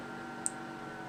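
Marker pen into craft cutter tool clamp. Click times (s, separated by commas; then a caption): 0.5 s. A 0.4 mm marker is pushed down into the opened tool clamp of a craft cutting machine and seats with a single sharp, high-pitched click at 0.5 s. The click stands out briefly over a steady background hum. The clamp is then re-tightened, and no one speaks.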